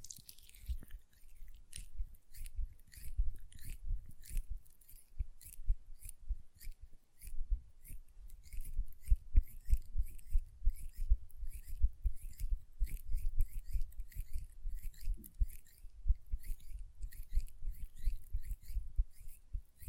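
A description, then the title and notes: Fingernails tap in quick, irregular clicks, dense and bright, mixed with soft rubbing hand sounds low underneath. The tapping runs almost without pause for the whole stretch, briefly thinning around seven seconds before picking up again in busy bursts. Hand Sounds, Nail Tapping and Lotion Sounds.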